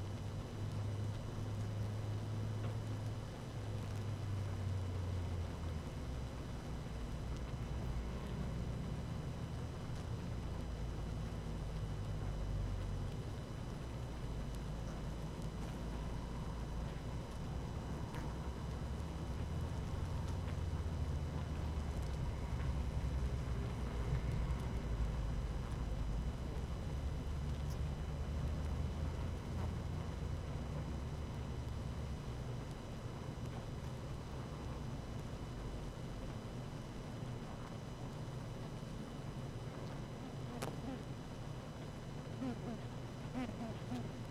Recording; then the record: honeybee colony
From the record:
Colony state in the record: active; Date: 12 June 2018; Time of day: 18:11